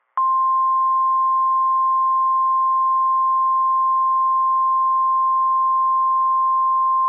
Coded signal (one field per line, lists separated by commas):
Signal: Emergency Alert System (SAME) tones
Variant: 1050 Hz attention tone